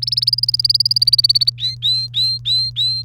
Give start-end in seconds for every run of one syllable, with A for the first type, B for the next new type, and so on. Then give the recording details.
0.02-1.50 A, 1.58-3.02 B. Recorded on 30 April 2018 at 16:16. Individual llb3